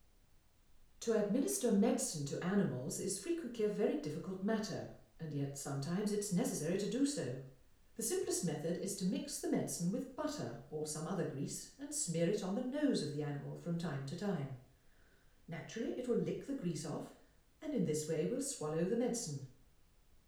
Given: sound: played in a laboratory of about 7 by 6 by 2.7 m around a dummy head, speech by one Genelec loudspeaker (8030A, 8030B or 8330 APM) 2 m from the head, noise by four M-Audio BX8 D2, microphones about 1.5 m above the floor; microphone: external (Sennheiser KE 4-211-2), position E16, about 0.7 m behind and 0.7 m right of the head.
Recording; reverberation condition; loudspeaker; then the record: female speech in English; medium; 30 degrees to the right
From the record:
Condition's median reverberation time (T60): about 510 ms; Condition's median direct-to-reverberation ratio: about -0.5 dB